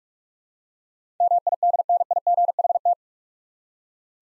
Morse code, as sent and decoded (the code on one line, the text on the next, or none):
-- .. -.. -. .. --. .... -
MIDNIGHT